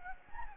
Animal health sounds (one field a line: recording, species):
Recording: mosquito wingbeat signal from an infrared sensor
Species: Anopheles gambiae